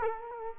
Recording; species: mosquito wingbeat signal from an infrared sensor; Culex quinquefasciatus